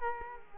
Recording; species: mosquito wingbeat signal from an infrared sensor; Culex quinquefasciatus